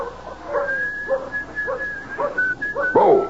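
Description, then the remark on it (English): A cowboy whistles softly to himself while hitching up a buckboard, a lilting tune in short, steady high notes, while lower whimpering, dog-like yelps rise and fall beneath it, the loudest coming right at the end. “As with Dan Bowles, whistling softly to himself while he hitches up the buckboard, enjoying the prospect of the trip to town as any lone cowboy would.”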